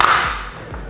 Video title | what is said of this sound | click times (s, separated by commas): Câblage d'une prise secteur en goulotte. | on entend le clac. | 0.0 s